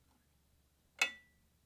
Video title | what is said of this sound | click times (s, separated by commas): BabyLock Ovation Serger Manual: How to Set-Up for a Cover Hem | do you hear that that's how you know it's seated in there properly | 1.0 s